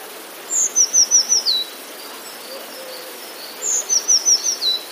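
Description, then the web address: Eurasian blue tit singing two phrases, each a high piercing note then a fast run of five or six falling notes, with steady background hiss. "modraszkoteka"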